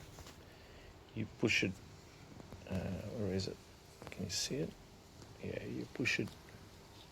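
A Wild at Heart short two-finger replacement hand lever is handled while being refitted into the handlebar lever perch of a BMW R1300GS motorcycle, with a metal part being pushed in. Someone talks throughout, and a single sharp hit sounds around 1.2 s. Nothing has seated or clicked yet.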